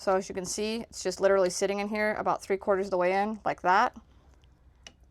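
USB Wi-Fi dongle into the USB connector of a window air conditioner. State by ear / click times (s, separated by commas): seated / 4.9 s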